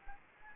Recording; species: mosquito wingbeat signal from an infrared sensor; Anopheles gambiae